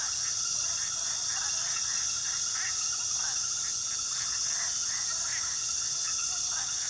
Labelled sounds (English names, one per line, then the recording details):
none
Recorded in pastures near Puerto Asís, Putumayo, Colombia, on 19 February 2024 at 23:00
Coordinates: 0.466, -76.323
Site G6384